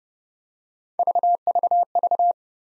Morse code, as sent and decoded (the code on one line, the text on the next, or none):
none